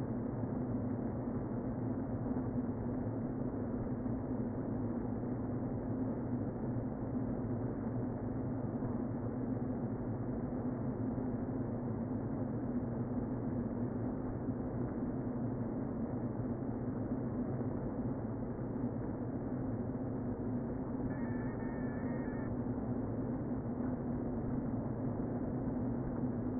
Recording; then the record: honeybee colony, microphone inside the hive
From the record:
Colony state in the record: queen present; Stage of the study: before two queens were removed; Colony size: about 60,000 bees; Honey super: yes